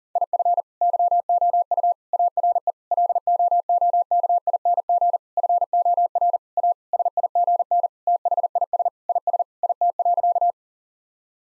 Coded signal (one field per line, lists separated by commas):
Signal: Morse code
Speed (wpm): 40 wpm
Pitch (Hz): 700 Hz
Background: none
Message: IF YOU ARE LOOKING FOR A SIGN THIS IS IT.